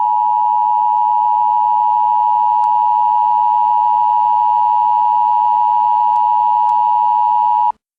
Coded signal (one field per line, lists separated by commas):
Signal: Emergency Alert System (SAME) tones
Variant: 853 and 960 Hz attention tone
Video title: EAS: Warnings for domestic terrorist attacks